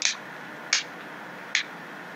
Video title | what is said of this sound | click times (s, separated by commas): Laser cut Enclosure with Switches for the PicoDice - reassembly | as such push down we'll just hear those sort of snapping in | 0.1 s, 0.7 s, 1.6 s